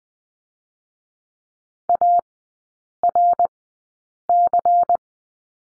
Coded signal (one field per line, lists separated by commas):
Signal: Morse code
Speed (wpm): 20 wpm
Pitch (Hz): 700 Hz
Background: none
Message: ARC